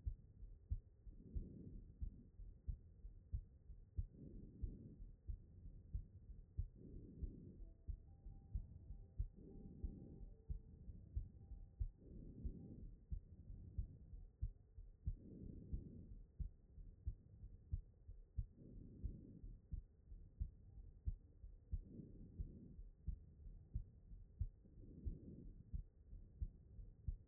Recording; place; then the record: heart sounds by stethoscope; aortic valve (AV)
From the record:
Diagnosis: HFrEF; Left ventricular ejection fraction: 23%